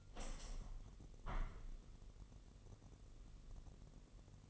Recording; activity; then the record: daily activity, microphone in the room; open window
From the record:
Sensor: 4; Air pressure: 1001.2 hPa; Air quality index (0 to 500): 245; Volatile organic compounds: 42 ppm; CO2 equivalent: 3186 ppm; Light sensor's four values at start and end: 9/20/8/7 and 9/20/8/7